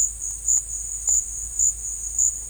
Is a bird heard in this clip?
no